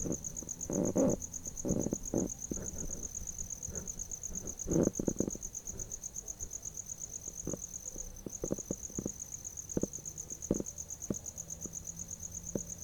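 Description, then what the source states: Cricket sings a constant high pulsing trill, accompanied by frequent thumps and clicking sounds that are heavier in the first half. Recorded at night.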